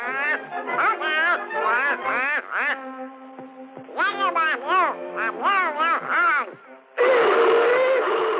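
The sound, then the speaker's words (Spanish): The raspy, garbled cartoon voice of Donald Duck, who debuted in 1935, squawks and sputters in rapid, pitch-bending bursts with short pauses, ending in a harsher, louder stretch of frantic quacking chatter. “Pero la más importante primera vez en 1935 fue... ¡el debut del pato Donald!”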